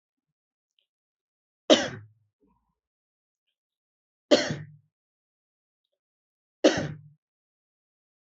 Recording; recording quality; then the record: shallow voluntary cough; excellent, no background noise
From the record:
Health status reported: healthy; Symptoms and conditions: none ticked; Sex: male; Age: 25 years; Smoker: not ticked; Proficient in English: yes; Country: India